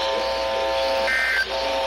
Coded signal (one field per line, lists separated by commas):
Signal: Emergency Alert System (SAME) tones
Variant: end-of-message bursts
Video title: WE'RE GONNA PLAY THIS GAME!?!?!!?!?? - EAS Alerts from 09/20/2022 (EAS #730-741)